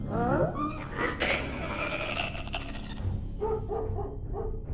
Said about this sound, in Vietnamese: Mấy con chó hoảng loạn mà cứ quay đầu sủa liên hồi về phía đầu xóm.